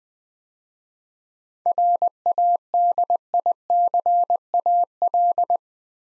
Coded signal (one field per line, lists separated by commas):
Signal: Morse code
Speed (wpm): 20 wpm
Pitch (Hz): 700 Hz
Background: none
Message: RADICAL